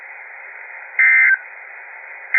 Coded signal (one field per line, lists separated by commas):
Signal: Emergency Alert System (SAME) tones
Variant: end-of-message bursts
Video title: EAS Alerts From August 2025 eas 21-31